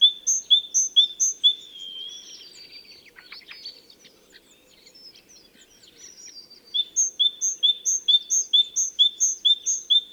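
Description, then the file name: Great tit song: a bright two-note phrase repeated rapidly in steady series, with a softer jumble of twittering notes between the two bouts. "Parus major"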